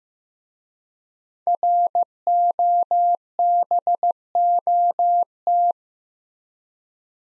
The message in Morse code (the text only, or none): ROBOT